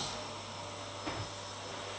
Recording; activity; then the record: daily activity, microphone in the room; vacuum cleaning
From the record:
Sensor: 3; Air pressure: 1007.7 hPa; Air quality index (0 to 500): 49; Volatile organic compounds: 1 ppm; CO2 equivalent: 576 ppm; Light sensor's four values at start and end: 9/21/8/8 and 9/21/8/8